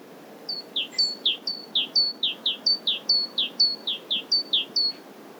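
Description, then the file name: Great tit repeating a bright two-note phrase, a high level whistle then a dropping note, many times in quick succession. "Parus major"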